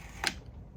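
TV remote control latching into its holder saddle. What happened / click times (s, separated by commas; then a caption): The handheld unit latched into its holder / 0.3 s. The remote control of a 1962 Zenith black-and-white TV is placed back onto its holder saddle and latches into place. One sharp, loud click sounds at 0.3 s over a faint background, and the remote is seated.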